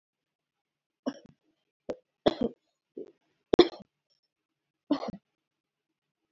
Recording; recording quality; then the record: shallow voluntary cough; excellent, no background noise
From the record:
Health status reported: healthy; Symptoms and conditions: asthma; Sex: female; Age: 21 years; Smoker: not ticked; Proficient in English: yes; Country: India